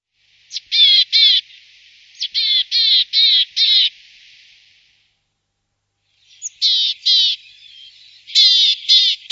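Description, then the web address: Willow tit giving a thin note followed by a series of harsh, nasal notes, then a pause and another buzzy series. "chant jean roche mesange boreale"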